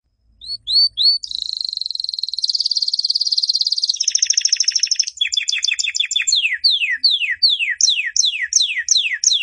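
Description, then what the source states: Canary song opening with a few short chirps, then a sustained buzzy trill, a rapid rattle and a series of repeated descending whistled sweeps. Master song for training canaries.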